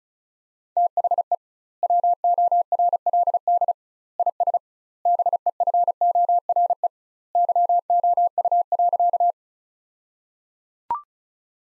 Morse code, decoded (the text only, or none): THE WORLD IS BEFORE YOU.